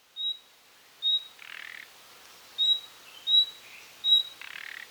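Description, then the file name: Common nightingale calling with clear, pure high whistles, five spaced notes, interspersed with two short rasping croaks. "Luscinia megarhynchos"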